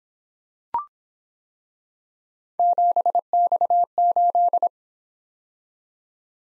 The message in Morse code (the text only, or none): 7X8